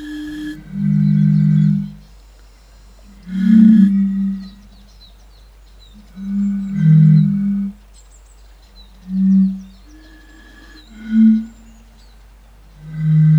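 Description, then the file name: European fire-bellied toad calls: deep, soft tones in separate bursts with quiet gaps between. "henrik olsson anders dahl bombina bombina"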